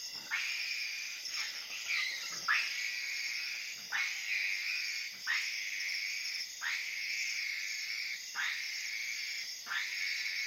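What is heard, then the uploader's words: A wild outdoor setting filled with a dense, steady, high-pitched chorus, likely frogs or insects, that never lets up. About every second and a half, a louder call cuts in with a sharp onset and a quick downward swoop before the chorus settles again. African Wild West is a collection of ambiences recorded in 2017 in Senegal. It covers a variety of environments, from tropical forest to dry savanna and from desert oasis to mangrove forest.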